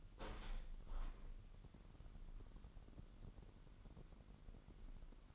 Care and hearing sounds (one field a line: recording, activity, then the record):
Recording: daily activity, microphone in the room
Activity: open window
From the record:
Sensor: 4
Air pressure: 998.8 hPa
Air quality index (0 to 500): 114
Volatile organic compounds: 2 ppm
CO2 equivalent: 1126 ppm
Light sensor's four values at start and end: 10/24/9/10 and 10/24/9/10